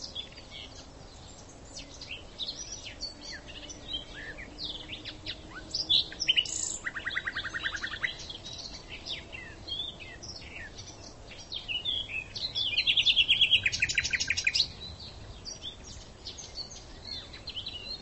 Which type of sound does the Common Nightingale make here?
song